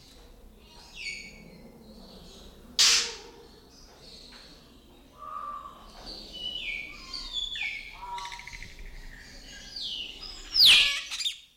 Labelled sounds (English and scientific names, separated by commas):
Bali Myna (Leucopsar rothschildi)